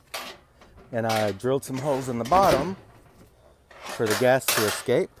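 The locking tab on a galvanized metal pail's lid is bent over, and a sharp metallic hit at 0.2 s marks the lid locking into place on the pail. Someone then talks for the rest of the clip.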